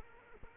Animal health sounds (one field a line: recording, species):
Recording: mosquito wingbeat signal from an infrared sensor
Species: Culex quinquefasciatus